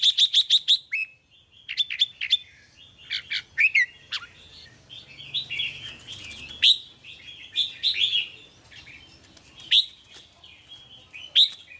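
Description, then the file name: Red-whiskered bulbul singing: a quick run of sharp repeated notes opens, followed by bubbly, slurred whistled phrases scattered throughout. "Tieng chao mao hot che"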